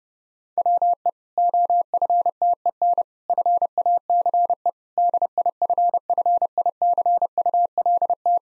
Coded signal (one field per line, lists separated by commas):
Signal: Morse code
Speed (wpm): 32 wpm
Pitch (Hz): 700 Hz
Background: none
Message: WE OFTEN FACE DIFFICULT